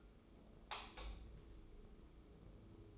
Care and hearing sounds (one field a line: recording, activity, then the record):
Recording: daily activity, microphone in the room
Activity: light off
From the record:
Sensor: 1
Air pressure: 995.3 hPa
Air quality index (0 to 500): 25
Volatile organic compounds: 0 ppm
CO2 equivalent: 504 ppm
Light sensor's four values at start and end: 14/41/15/17 and 10/26/10/11